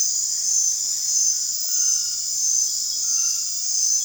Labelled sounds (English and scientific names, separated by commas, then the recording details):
none
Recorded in dense forest near Puerto Asís, Putumayo, Colombia, on 29 June 2025 at 21:00
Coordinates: 0.468, -76.322
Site GP03